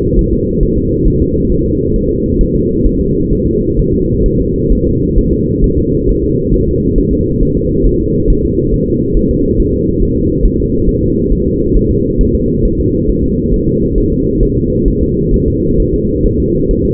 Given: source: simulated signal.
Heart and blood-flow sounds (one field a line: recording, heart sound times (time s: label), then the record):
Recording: fetal heart sounds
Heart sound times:
0.19 s: S1
0.33 s: S2
0.63 s: S1
0.78 s: S2
1.08 s: S1
1.22 s: S2
1.52 s: S1
1.66 s: S2
1.96 s: S1
2.11 s: S2
2.41 s: S1
2.55 s: S2
2.87 s: S1
3.01 s: S2
3.33 s: S1
3.47 s: S2
3.79 s: S1
3.94 s: S2
4.26 s: S1
4.41 s: S2
4.72 s: S1
4.87 s: S2
5.19 s: S1
5.33 s: S2
5.64 s: S1
5.78 s: S2
6.09 s: S1
6.23 s: S2
6.54 s: S1
6.68 s: S2
6.98 s: S1
7.13 s: S2
7.43 s: S1
7.57 s: S2
7.87 s: S1
8.01 s: S2
8.30 s: S1
8.45 s: S2
8.74 s: S1
8.88 s: S2
9.17 s: S1
9.31 s: S2
9.60 s: S1
9.74 s: S2
10.03 s: S1
10.17 s: S2
10.45 s: S1
10.60 s: S2
10.89 s: S1
11.03 s: S2
11.32 s: S1
11.47 s: S2
11.77 s: S1
11.91 s: S2
12.21 s: S1
12.35 s: S2
12.65 s: S1
12.80 s: S2
13.09 s: S1
13.24 s: S2
13.54 s: S1
13.68 s: S2
13.98 s: S1
14.12 s: S2
14.43 s: S1
14.57 s: S2
14.88 s: S1
15.03 s: S2
15.34 s: S1
15.48 s: S2
15.80 s: S1
15.94 s: S2
16.26 s: S1
16.40 s: S2
16.71 s: S1
16.85 s: S2
From the record:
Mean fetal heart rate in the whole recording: 135 bpm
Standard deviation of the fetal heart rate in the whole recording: 3 bpm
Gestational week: 36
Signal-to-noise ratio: -14.7 dB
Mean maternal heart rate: 72 bpm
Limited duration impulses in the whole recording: present